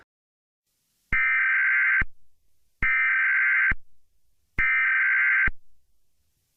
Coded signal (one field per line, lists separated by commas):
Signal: Emergency Alert System (SAME) tones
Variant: header bursts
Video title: EAS Scenario #2: Astro Zombies [Spring Fling entry]